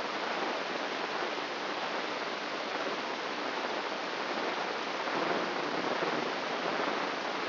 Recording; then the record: brain microelectrode recording played as sound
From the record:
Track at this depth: outside the subthalamic nucleus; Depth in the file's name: 8.628 mm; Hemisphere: left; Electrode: 3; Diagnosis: Parkinson's disease